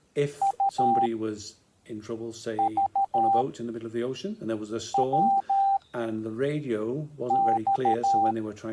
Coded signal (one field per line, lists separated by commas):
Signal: Morse code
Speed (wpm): 13 wpm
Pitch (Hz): 790 Hz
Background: speech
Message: U V W X